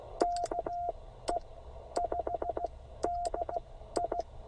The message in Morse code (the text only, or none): KE5DI